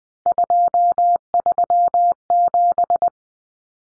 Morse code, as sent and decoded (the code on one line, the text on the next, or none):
..--- ...-- --...
237